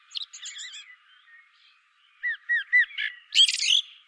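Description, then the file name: Common blackbird song: faint high twittering, then a run of clear downslurred whistles ending in a loud, scratchy high flourish. "Turdus merula"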